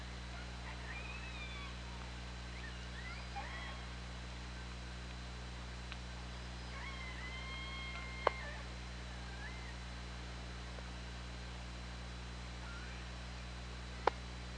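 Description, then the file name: Killer whale calls, wavering harmonic cries and a few flat drawn-out tones, with two sharp knocks cutting through a steady low hum. OrcaLab hydrophone, 24 August 2017, around 20:19. "Orca Lab 20170824 201931"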